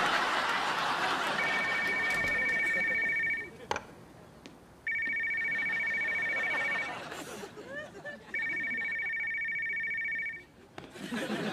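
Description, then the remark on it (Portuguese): A telephone rings three times in steady, evenly spaced bursts, each a bright, trilling electronic tone lasting about two seconds, with indistinct voices and chatter murmuring underneath. “No telefone! É capaz de ser uma emergência!”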